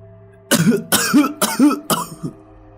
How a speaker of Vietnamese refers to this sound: Một tiếng ho ở trong quan tài cất lên đột ngột, muối gạo đột nhiên văng bắn ra, bắn cả vào mặt thằng cháu trưởng, khiến cả lũ con cháu thất kinh đồng loạt đứng dậy, thất kinh bỏ chạy chối chết với nhau.